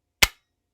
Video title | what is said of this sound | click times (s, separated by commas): GLOCK 21 / MCK REVIEW | it'll it'll it'll push up and lock it into place | 0.2 s